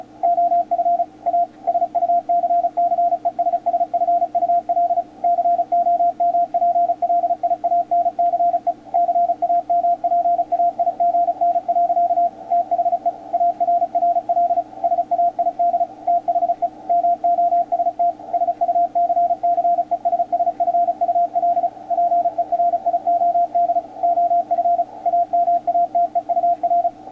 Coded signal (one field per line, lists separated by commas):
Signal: Morse code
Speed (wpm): 36 wpm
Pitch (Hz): 700 Hz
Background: radio noise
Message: OF A SUCCESSFUL COMPLIANCE CAMPAIGN. THE ARRL SAID THE MOST SUCCESSFUL PERIOD OF AMATEUR